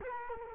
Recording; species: mosquito wingbeat signal from an infrared sensor; Culex quinquefasciatus